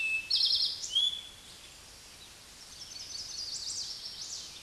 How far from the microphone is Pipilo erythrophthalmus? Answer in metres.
about 20 m